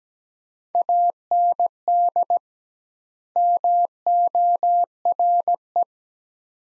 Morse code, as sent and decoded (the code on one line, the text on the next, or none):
.- -. -.. / -- --- .-. .
AND MORE